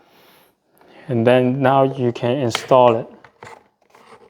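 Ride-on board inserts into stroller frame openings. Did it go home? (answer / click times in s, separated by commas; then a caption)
no / none. Someone talks while handling a ride-on board's retractable plastic inserts, pulling the tab to retract them before pushing them into the openings on either side of a Babyzen Yoyo2 stroller frame. A few brief plastic knocks and handling sounds follow near the end of the speech. Nothing has seated or clicked yet.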